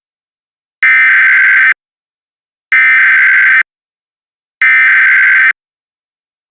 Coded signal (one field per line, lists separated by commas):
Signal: Emergency Alert System (SAME) tones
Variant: header bursts